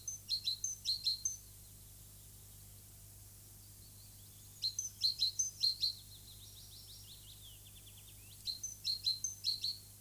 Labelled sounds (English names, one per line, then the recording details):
Great Tit
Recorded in the wild
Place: Köppchensee, Berlin, DE
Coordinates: 52.6167, 13.3667
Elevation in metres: 40
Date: 2004-04-17 14:17
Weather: sunny, 16-18°C
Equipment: Fair Mate ST-1328 (Asahi Electronics, Japan), Sennheiser ME 80, Kopie Uher 4000 Report Monitor
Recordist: Tembrock, Günter